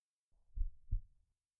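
Two soft, deep thuds about a third of a second apart form a single lub-dub heartbeat, heard up close as if held in a tight hug, with nothing heard between or after them. It is a calm, ordinary heartbeat.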